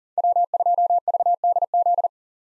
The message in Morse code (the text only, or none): W2VDZ